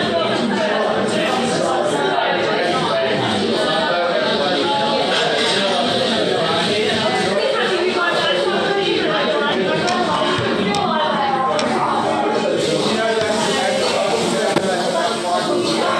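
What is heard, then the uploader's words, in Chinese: Background sound in a local Vietnamese restaurant: a constant, dense babble of many overlapping voices with no single speaker standing out. The level stays even throughout, with occasional faint clinks and brighter clatter rising above the murmur. 在當地一個越南飯店的背景音。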